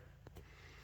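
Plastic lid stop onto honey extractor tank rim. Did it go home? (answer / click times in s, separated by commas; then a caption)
yes / 0.3 s, 0.4 s. A small white plastic stop is pressed onto the inside rim of a stainless steel MiniMax honey extractor tank to hold its hinged lid open. Two short snaps are heard at 0.3 s and 0.4 s against a quiet, low hum. The stop snaps into place and holds securely.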